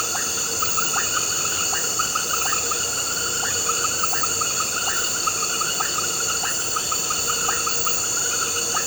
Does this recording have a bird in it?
no